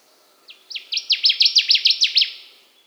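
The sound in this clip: Connecticut warbler song: a quick series of about ten loud, sharp phrases, starting soft and building in volume over the first second, with a faint low hum beneath.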